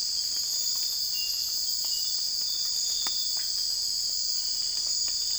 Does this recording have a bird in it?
no